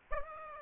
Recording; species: mosquito wingbeat signal from an infrared sensor; Aedes aegypti